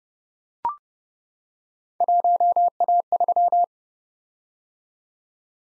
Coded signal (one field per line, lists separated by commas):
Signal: Morse code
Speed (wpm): 30 wpm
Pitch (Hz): 700 Hz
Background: none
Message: 1A3